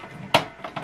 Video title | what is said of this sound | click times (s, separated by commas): HP DESKJET PLUS 4130 SET UP / CONNECT INK CARTRIDGES | you hear a click sound okay | 0.3 s